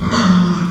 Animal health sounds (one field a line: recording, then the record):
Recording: squeal of a Yucatan mini pig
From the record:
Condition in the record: after surgery on the right vocal fold (resection and tissue-engineered implant)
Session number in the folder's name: 17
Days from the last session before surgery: 195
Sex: female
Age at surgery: 19 weeks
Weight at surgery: 25 kg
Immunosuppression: prednisolone